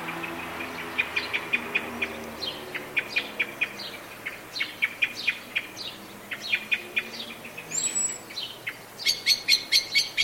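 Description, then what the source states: Blackbird giving hard, clipped alarm notes in quick series, pausing briefly midway, then resuming; a thin high whistle cuts in shortly before the final burst of chinks. Blackbird calling in a state of anxiety.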